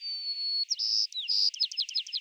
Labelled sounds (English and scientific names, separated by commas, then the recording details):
White-crowned Sparrow (Zonotrichia leucophrys) song
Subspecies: nuttalli
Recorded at San Simeon, California, in 2014
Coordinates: 35.667, -121.270
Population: south
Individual SANS_maleE